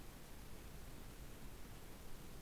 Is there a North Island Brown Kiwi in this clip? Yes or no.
no